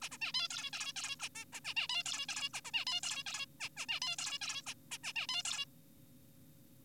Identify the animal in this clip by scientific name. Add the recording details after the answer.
Taeniopygia guttata. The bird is an adult. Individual g4p5U